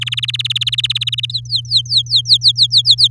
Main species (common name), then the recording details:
Domestic Canary. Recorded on 8 May 2018 at 06:04. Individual llb16